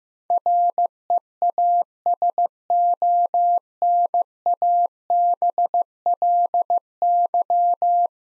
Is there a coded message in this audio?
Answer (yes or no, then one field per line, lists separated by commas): yes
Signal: Morse code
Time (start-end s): 0.3-8.1 s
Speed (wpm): 15 wpm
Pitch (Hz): 700 Hz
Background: none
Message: REASONABLY